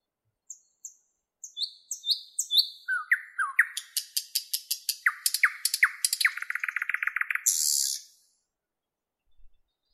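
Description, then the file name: Nightingale song: a few spaced whistles, cascading falling notes, a long, increasingly rapid rattling trill, and a harsh buzzy finish, followed by near silence. "Penie Solovja"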